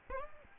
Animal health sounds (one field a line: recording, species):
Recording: mosquito wingbeat signal from an infrared sensor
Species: Aedes albopictus